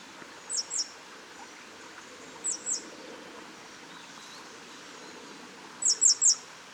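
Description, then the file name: Great tit with high, sharp double and triple notes, a pair early, another pair midway, then a louder triplet at the end. "Parus major"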